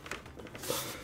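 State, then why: Not seated. A plastic replacement faceplate is pushed onto a PS5 game console body to seat the last part that was not fully in. Brief handling taps and scrapes occur around 0.1 s and 0.6 s, followed by a rising broadband rustle of pressure. The clip ends before the faceplate goes home, so nothing has seated or clicked yet.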